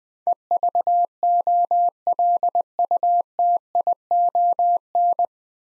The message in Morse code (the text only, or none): EVOLUTION